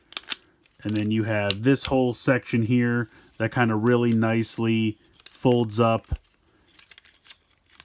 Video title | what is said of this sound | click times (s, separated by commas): My Top Ten Transformers of 2021!! | and kind of clicks into place | 7.8 s